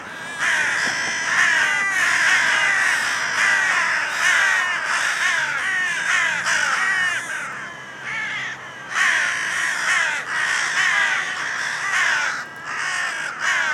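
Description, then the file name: Carrion crows cawing almost without a break, rough grating calls overlapping in a busy run, with a short lull partway through. "Corvus corone"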